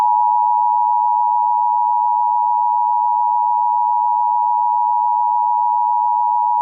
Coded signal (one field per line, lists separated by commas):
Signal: Emergency Alert System (SAME) tones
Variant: 853 and 960 Hz attention tone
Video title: Lightning - Mini EAS Scenario #1